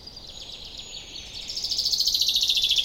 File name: Fringilla coelebs